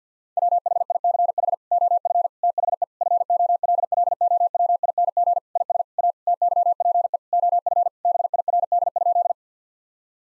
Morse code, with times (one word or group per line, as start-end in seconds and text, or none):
0.4-1.5 WHICH
1.7-2.3 OF
2.4-2.8 THE
3.0-5.4 FOLLOWING
5.6-5.8 IS
6.0-6.1 A
6.3-7.2 TYPE
7.3-7.9 OF
8.1-9.3 BIRD?